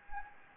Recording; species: mosquito wingbeat signal from an infrared sensor; Anopheles gambiae